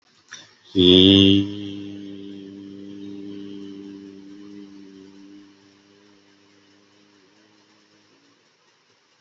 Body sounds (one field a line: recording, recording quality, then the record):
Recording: sustained vowel as in beet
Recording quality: excellent, no background noise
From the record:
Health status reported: COVID-19 positive, mild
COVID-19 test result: positive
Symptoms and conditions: cough, cold, fever, hypertension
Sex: male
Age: 42 years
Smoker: not ticked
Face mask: not worn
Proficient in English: yes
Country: India